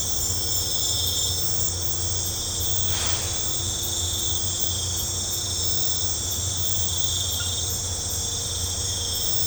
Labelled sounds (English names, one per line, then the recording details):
none
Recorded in pastures near Puerto Asís, Putumayo, Colombia, on 15 December 2024 at 23:00
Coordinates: 0.502, -76.324
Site G077